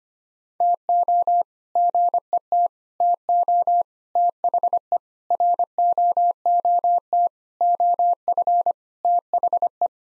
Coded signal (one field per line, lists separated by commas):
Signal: Morse code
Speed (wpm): 25 wpm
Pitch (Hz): 700 Hz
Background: none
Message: TO GET TO THE ROOT OF THE